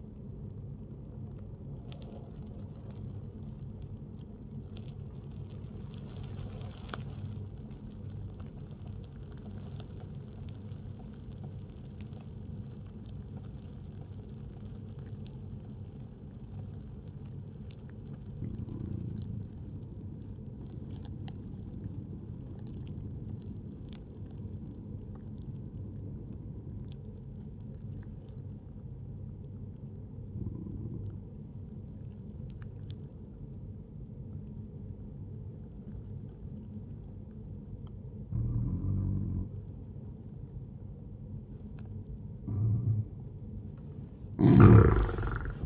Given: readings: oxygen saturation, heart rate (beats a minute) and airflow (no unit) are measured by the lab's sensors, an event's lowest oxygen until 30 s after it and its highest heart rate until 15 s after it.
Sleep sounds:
breathing in sleep by a smartphone at the bedside; 1
5.00-41.10 s: obstructive apnea (N1, oxygen 96% highest, then 94% lowest, heart rate 63 at the start, 80 highest)
From the record:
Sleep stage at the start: N1 (lightest sleep); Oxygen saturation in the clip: 93 to 96%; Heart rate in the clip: 59 to 73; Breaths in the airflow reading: 2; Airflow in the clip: -5.2 to 7.3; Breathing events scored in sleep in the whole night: 131 in 7.2 hours asleep

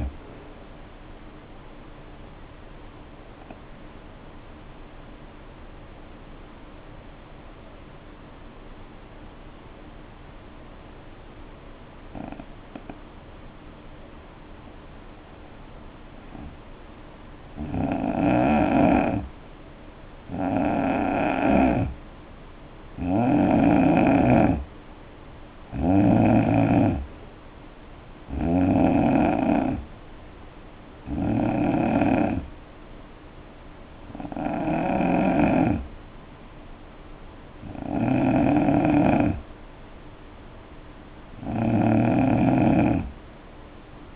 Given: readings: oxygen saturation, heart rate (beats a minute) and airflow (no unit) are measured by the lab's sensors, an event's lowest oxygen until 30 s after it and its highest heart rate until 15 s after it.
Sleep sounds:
breathing in sleep by a voice recorder at the bedside; 1
5.00-18.40 s: hypopnea (N3, oxygen 91% highest, then 82% lowest, heart rate 53 at the start, 70 highest)
11.00-44.16 s: new sleep stage, N2 (light sleep)
From the record:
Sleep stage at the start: N3 (deep sleep); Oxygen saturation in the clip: 82 to 92%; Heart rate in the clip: 53 to 70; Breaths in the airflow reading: 12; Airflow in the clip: -9.4 to 3.5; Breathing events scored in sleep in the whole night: 520 in 7.2 hours asleep

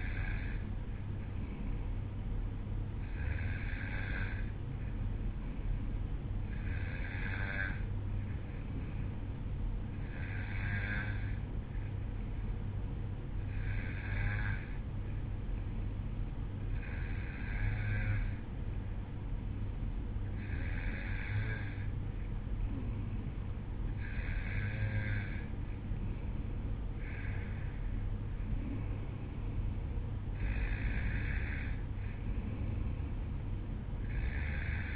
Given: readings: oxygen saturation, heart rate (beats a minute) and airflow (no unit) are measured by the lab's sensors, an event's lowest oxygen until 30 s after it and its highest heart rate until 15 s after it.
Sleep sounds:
breathing in sleep by a smartphone at the bedside; none
none scored
From the record:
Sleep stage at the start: N2 (light sleep); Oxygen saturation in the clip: 92 to 93%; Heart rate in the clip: 55 to 58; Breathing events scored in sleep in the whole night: 305 in 9.6 hours asleep

